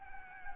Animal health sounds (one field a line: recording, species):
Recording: mosquito wingbeat signal from an infrared sensor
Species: Anopheles gambiae